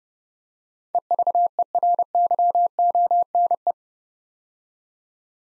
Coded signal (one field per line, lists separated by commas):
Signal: Morse code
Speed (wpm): 30 wpm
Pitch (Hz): 700 Hz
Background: none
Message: EVERYONE